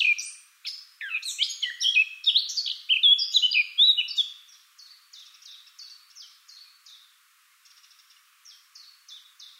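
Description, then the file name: Eurasian blackcap singing a fast, varied warble of chirpy notes, then a quieter run of evenly repeated high thin notes. "Sylvia atricapilla"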